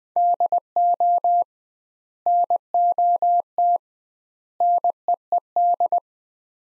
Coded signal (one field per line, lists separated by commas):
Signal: Morse code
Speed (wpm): 20 wpm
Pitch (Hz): 700 Hz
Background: none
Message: DO NOT NEED